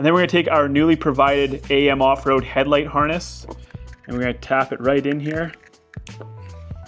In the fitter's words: Once you hear a click, slide that red thing back in.